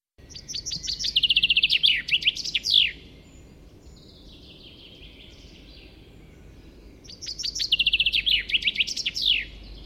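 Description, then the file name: Common chaffinch song, a rapid series of bright notes descending in steps to a flourish at the end, given twice with a faint high call between. "Fringilla coelebs"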